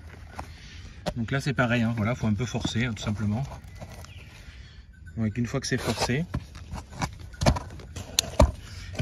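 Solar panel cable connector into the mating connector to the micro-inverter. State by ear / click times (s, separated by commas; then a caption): seated / 8.2 s. A plastic solar-panel cable connector is forced into its mating connector leading to the micro-inverter while someone talks. The connector latches with a small click at 8.2 s, and the two panels are now linked to the micro-inverter.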